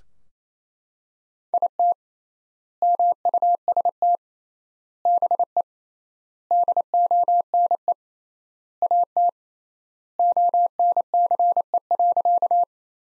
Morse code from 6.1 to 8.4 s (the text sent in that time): DONE